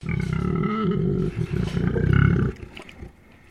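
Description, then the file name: Landrace pig grumbling, a deep, rough, drawn-out rumbling, then quieter low sounds. Landrace pig, recorded indoors, grumbling. "ANIMAL PIG LANDRACE EDGAR"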